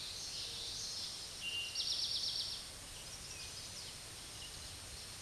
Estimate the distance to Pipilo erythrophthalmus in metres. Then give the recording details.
about 25 m. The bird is about 5 m above the microphone. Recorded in a Pennsylvania forest on 16 May 2024 at 06:31. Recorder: AudioMoth, point MSD-2304. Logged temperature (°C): 16.0 °C. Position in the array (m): 232 m, 167 m